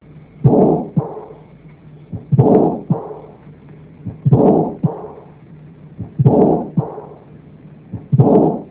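Slow, regular heart sounds in an adult heard through a stethoscope, about 31 cycles a minute, each cycle carrying loud rushing murmurs: systolic and diastolic murmurs.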